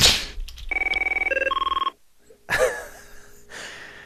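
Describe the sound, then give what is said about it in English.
An AT&T Merlin office phone rings once: a rapid, warbling electronic trill of stepped high tones lasting about a second, followed by a brief whooshing noise and soft hiss. “Sounds like an AT&T Merlin phone.”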